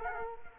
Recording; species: mosquito wingbeat signal from an infrared sensor; Culex quinquefasciatus